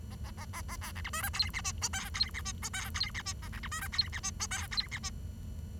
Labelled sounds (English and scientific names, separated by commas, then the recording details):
Bengalese Finch (Lonchura striata domestica) song
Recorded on 23 June 2012 at 07:48
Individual gr41rd51